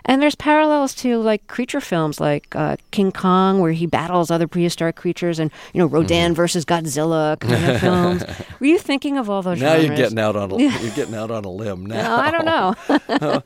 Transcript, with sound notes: And there's parallels to, like, creature films like "King Kong" where he battles other prehistoric creatures and, you know, "Rodan vs. Godzilla" kind of film. (Soundbite of laughter) Were you thinking of all those genres?
Now you're getting out on a - you're getting out on a limb now.
No, I don't know.